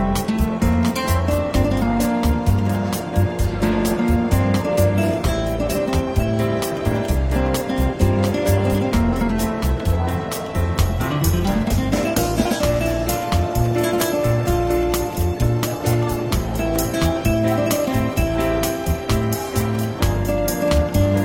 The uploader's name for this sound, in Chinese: 伦敦书店咖啡馆轻微喧闹氛围与柔和轻松的爵士背景音乐